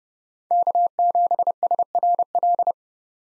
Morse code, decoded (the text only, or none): K7SRL